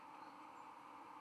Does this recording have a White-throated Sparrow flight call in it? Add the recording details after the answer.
no. Another species' flight call is heard. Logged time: 03:27 on 13 November 2014